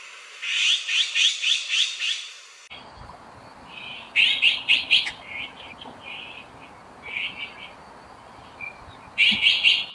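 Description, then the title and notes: Azure-winged magpie calls: harsh, raspy chattering notes in quick bursts, with a pause and then further bursts over steady low background hiss. Winter dusk in Beijing; flocks of a dozen to several dozen birds calling as they fly in the setting sun, returning to roost, as if announcing nightfall after daytime foraging. "在冬日的北京，黄昏的鸣叫是属于灰无喜鹊的"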